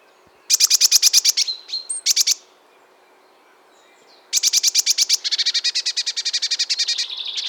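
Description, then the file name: Eurasian blue tit churring calls: two quick buzzy rattles, a silent gap of about two seconds, then a longer run of dry chattering notes. "Cyanistes caeruleus"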